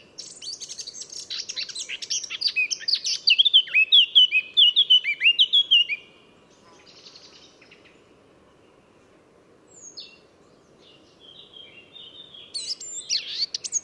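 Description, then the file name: Eurasian blackcap singing a fast, scratchy warble with brighter whistled notes for about six seconds, then near silence with a few faint notes, and a renewed burst of song at the end. "Sylvia atricapilla"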